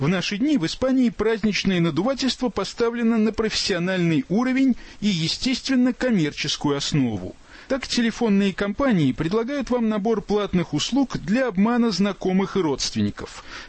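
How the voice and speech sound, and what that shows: A single adult narrates in Russian with fluent, clear, evenly paced speech and ordinary voice quality.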